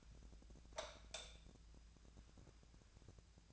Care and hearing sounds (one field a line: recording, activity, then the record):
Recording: daily activity, microphone in the room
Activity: light off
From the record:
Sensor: 2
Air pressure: 999.9 hPa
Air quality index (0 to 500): 116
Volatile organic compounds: 2 ppm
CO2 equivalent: 1004 ppm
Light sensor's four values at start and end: 29/78/32/35 and 24/61/26/29